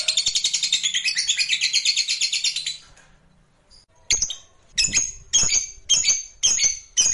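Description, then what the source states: Lovebird rapid, buzzy chatter for about three seconds, a brief silence, then a run of sharp, piercing chirps about every half second. Lovebird sound played to stimulate other lovebirds.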